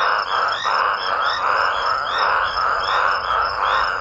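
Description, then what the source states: Toads in full chorus, rasping calls rolling along in quick overlapping pulses. Toads calling raucously.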